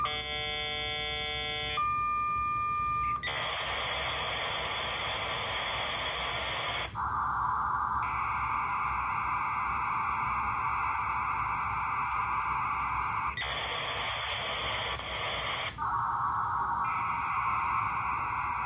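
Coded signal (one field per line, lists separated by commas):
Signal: fax machine handshake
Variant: V.34 33.6k fax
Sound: chord of steady tones, then bursts of harsh hiss switching between wide and narrower bands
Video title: 33.6k Fax Tone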